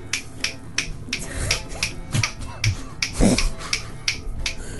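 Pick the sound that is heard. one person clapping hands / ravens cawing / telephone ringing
one person clapping hands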